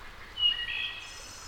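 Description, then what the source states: Wood thrush song, a short phrase of pure whistled notes closing with a faint high trill. Labelled as a return.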